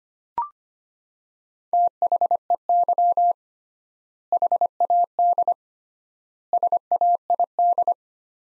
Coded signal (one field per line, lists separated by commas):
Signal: Morse code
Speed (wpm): 25 wpm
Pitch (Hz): 700 Hz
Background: none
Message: THEY HAD SAID